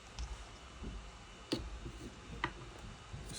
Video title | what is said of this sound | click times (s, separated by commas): iPad 7th - 10th Gen. Screen repair. | I'm going to snap into place | 1.5 s, 2.4 s